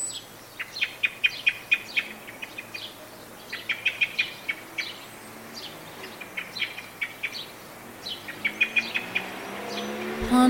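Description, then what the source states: Blackbird giving spaced sharp chink notes and short rattles in several bouts, with a brief rising sound at the very end. Anxiety call.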